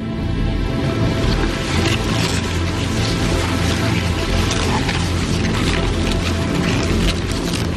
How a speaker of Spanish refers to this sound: La erupción se intensifica.